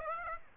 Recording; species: mosquito wingbeat signal from an infrared sensor; Aedes aegypti